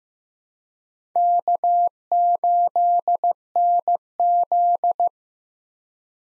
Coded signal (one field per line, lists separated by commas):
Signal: Morse code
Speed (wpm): 15 wpm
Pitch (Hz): 700 Hz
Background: none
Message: K8NZ